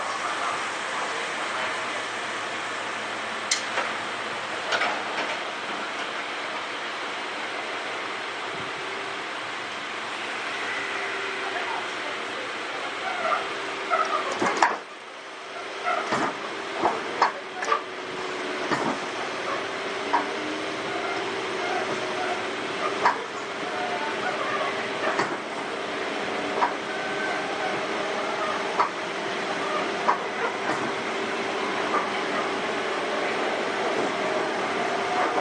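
Ride on a Sotetsu 7000 series train between Yokohama and Yamato, with a steady mid-range rumble and hum running throughout. Near fifteen seconds the sound briefly drops and turns rougher, followed by scattered clicks and knocks, with faint voices underneath.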